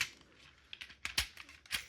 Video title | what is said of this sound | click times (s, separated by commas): Conversion Conversations: Transformers Generations Studio Series Devastator | There we go. And again, not a huge satisfying click, but it is in there | 1.2 s